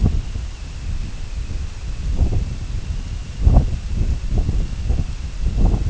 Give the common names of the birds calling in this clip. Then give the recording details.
none. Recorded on Arctic tundra, site IGLO-D, on 24 June 2018. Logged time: 10:00